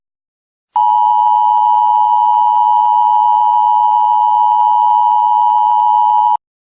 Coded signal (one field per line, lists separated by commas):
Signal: Emergency Alert System (SAME) tones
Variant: 853 and 960 Hz attention tone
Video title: EAS Scenario - Hurricane Luther